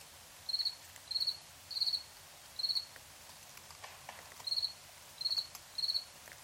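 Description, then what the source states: Cricket chirping, several high trilled bursts, a short pause midway, then resuming, over quiet hiss and faint ticks. Crickets chirping at night in Tiny, Ontario.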